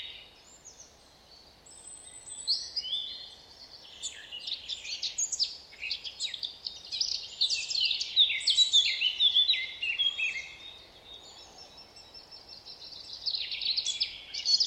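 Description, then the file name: Eurasian blackcap song: fast, rich warbling of high, tumbling notes, building in the middle and fading then returning near the end, with quiet background hiss. "Sylvia atricapilla"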